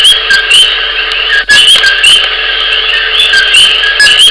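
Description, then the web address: Coqui giving repeated two-part co-qui calls, a low note followed by a higher upswept note. "digemdj Sounds Coqui"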